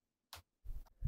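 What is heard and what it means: An auxiliary power cable connector is plugged into an M.2 NVMe carrier PCIe card holding eight SSDs, needed because more than six drives are installed. A short, quiet tick at 0.3 s marks the connector seating, followed from about 0.6 s by low, rumbling handling noise.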